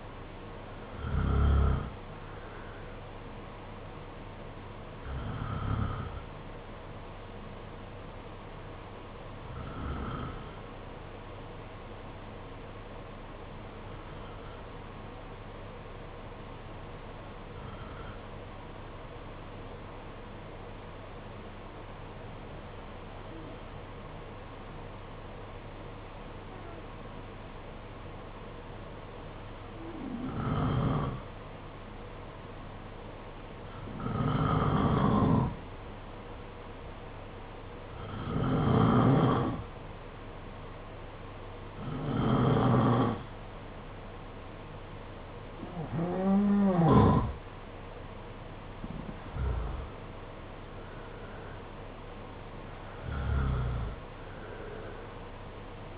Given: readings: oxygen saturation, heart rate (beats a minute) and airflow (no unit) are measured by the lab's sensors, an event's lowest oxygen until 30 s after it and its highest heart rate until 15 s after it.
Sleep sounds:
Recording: breathing in sleep by a voice recorder at the bedside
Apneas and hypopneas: 1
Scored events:
14.00-33.30 s: hypopnea (N2, oxygen 95% highest, then 87% lowest, heart rate 51 at the start, 55 highest)
From the record:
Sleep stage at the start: N2 (light sleep)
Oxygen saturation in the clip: 85 to 95%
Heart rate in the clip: 50 to 58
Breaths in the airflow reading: 14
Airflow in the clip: -6.9 to 6.6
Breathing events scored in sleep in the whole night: 476 in 9.7 hours asleep

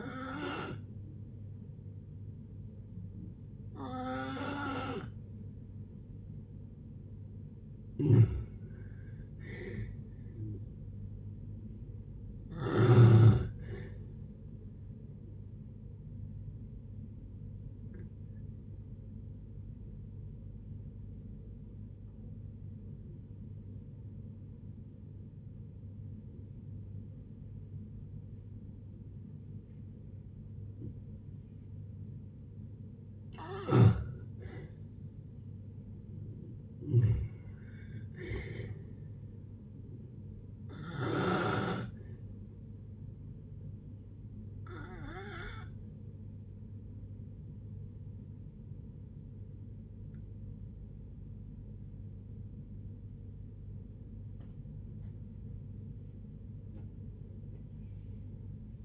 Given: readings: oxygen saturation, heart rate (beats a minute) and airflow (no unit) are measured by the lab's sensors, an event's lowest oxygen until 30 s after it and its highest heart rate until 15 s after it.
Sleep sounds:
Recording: a person awake in a sleep study, by a smartphone at the bedside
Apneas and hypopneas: none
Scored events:
0.00-58.85 s: awake
0.00-58.85 s: awake
From the record:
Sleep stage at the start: awake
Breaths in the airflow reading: 19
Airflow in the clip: -0.7 to 0.8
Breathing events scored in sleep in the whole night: 496 in 5.4 hours asleep

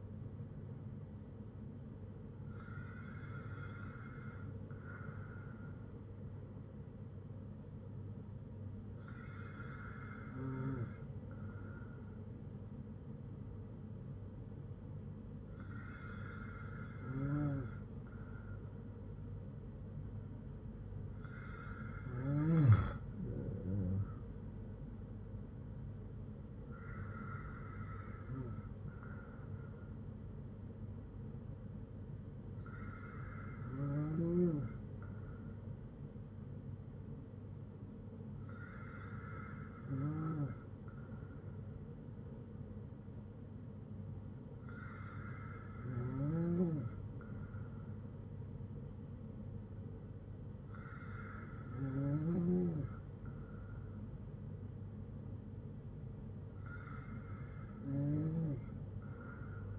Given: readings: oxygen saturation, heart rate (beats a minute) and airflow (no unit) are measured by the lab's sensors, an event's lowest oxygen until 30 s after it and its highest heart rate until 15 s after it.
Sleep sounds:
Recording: breathing in sleep by a smartphone at the bedside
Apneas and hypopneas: none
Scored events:
none scored
From the record:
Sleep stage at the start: N2 (light sleep)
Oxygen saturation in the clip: 95 to 96%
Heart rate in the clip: 54 to 62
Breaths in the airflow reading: 10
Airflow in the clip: -4.8 to 6.8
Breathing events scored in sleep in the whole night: 182 in 7.4 hours asleep

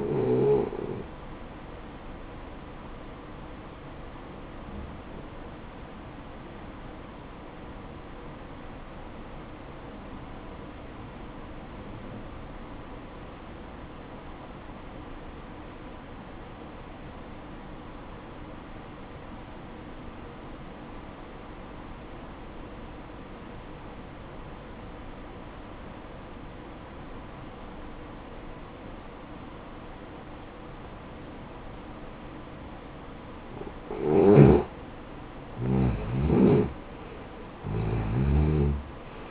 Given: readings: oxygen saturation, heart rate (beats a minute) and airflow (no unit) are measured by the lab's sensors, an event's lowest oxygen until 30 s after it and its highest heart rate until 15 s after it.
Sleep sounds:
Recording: breathing in sleep by a voice recorder at the bedside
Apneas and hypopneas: 1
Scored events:
8.00-34.70 s: obstructive apnea (N1, oxygen 95% highest, then 87% lowest, heart rate 58 at the start, 68 highest)
From the record:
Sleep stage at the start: N1 (lightest sleep)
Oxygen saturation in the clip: 88 to 95%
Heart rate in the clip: 52 to 66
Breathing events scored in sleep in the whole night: 573 in 9.8 hours asleep

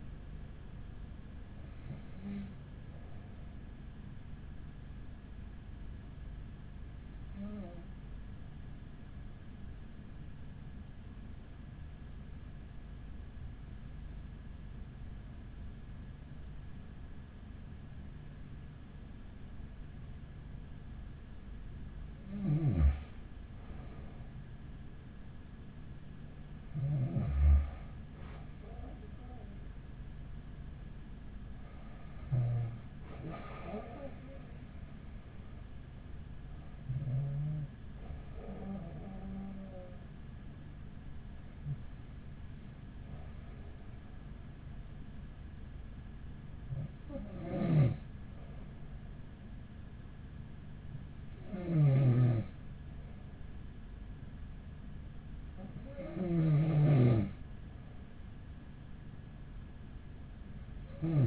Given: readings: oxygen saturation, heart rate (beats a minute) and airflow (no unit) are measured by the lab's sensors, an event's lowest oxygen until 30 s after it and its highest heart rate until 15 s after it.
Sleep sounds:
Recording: breathing in sleep by a smartphone at the bedside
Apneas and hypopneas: 1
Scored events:
4.00-26.20 s: hypopnea (N2, oxygen 96% highest, then 93% lowest, heart rate 44 at the start, 48 highest)
From the record:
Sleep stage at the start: N2 (light sleep)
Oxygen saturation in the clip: 93 to 96%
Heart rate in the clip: 41 to 48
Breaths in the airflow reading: 12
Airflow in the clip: -6.7 to 11.9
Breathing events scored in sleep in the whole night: 207 in 7.6 hours asleep

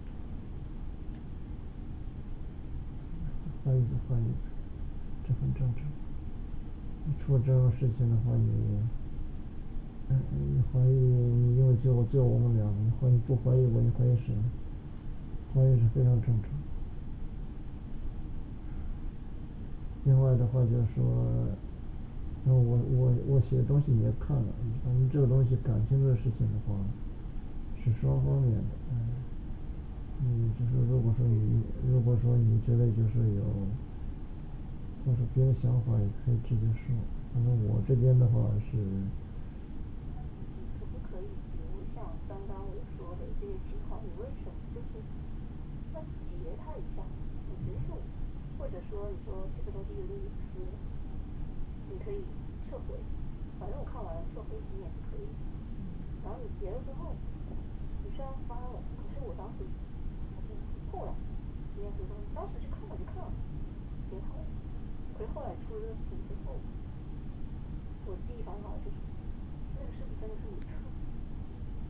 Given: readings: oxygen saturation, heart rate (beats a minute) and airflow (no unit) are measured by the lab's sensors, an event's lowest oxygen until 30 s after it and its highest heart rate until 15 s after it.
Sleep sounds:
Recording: a person awake in a sleep study, by a smartphone at the bedside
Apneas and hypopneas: none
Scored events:
0.00-71.90 s: awake
From the record:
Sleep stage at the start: awake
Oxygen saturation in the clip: 95 to 97%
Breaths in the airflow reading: 22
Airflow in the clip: -4.9 to 6.1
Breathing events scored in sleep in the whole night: 216 in 7.0 hours asleep

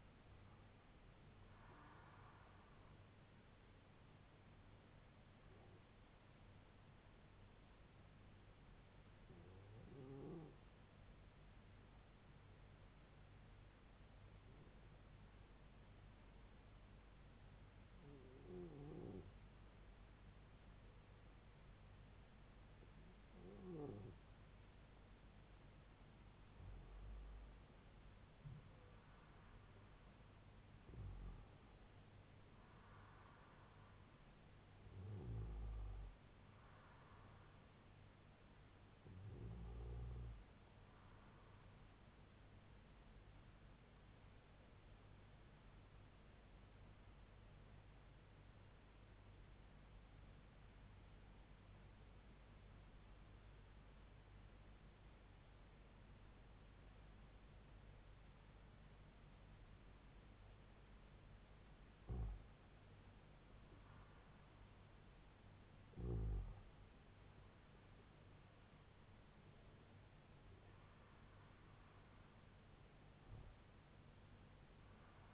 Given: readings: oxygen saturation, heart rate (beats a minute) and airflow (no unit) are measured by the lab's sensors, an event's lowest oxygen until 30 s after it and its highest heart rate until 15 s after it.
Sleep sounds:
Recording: breathing in sleep by a voice recorder at the bedside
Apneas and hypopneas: 2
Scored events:
3.00-28.20 s: hypopnea (N2, oxygen 95% highest, then 91% lowest, heart rate 76 at the start, 76 highest)
43.00-62.10 s: hypopnea (N2, oxygen 96% highest, then 89% lowest, heart rate 70 at the start, 77 highest)
From the record:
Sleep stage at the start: N2 (light sleep)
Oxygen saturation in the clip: 89 to 96%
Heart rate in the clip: 65 to 79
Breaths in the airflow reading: 13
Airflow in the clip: -2.9 to 3.5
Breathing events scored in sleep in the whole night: 158 in 7.3 hours asleep

